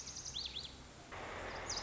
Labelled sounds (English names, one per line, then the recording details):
Lazuli Bunting
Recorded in Sonoma County, California